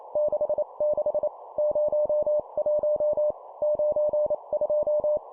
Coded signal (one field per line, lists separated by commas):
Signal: Morse code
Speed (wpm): 28 wpm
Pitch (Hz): 600 Hz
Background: none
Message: 66 01 92